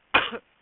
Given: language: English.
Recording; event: throat vibration sensor signal played as sound; cough